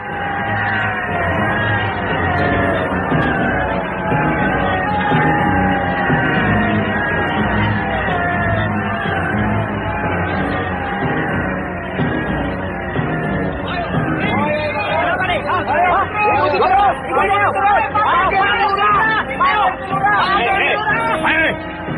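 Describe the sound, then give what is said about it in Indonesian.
A noisy crowd commotion coming from the direction of a coconut grove: many voices overlap in a loud, continuous babble, with shouts rising and sharper, excited calls growing more agitated toward the end. “Suara ramai itu memang dari arah kebun kelapa.”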